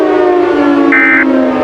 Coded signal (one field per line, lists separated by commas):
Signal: Emergency Alert System (SAME) tones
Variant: end-of-message bursts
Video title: Monstrous Eruption - An EAS Scenario